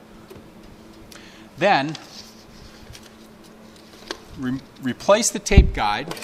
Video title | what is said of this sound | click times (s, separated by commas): Better Pack 555eS Set-up Operation and Maintenance | making sure that you flip the tape back up into the operating position when you're finished you'll hear a click like that | 1.1 s